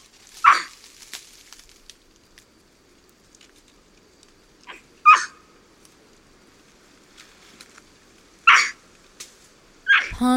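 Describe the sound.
White-throated capuchin giving loud, raspy barks spaced a few seconds apart, with another loud call cut off at the very end.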